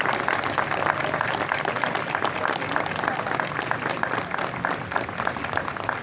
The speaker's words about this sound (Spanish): Y vamos a reconocer con un fuerte aplauso el hermoso trabajo leído.